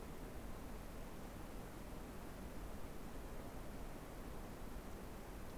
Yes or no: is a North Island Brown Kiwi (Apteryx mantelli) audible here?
no